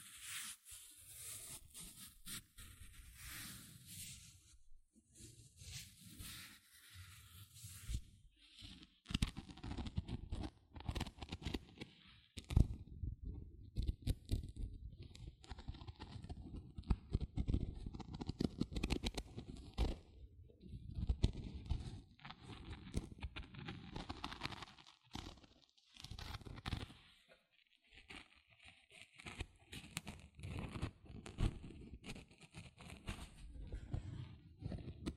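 Gentle scratching runs throughout in uneven, rapid bursts of soft scraping and rustling, with brief pauses and a steady low rumble underneath.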